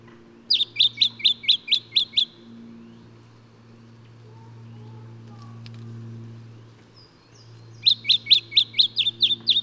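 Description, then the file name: Lemon-bellied flyrobin giving a rapid series of about eight high, slurred chip notes, a pause of several seconds, then a second run; a low droning hum persists throughout. "Microeca Flavigaster"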